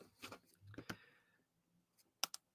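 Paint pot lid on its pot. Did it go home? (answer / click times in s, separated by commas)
released / 2.2 s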